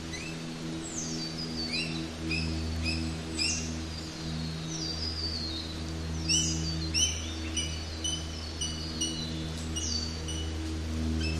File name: zapsplat nature forest birds wind trees leaves fall prop plane fly overhead